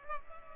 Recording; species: mosquito wingbeat signal from an infrared sensor; Culex pipiens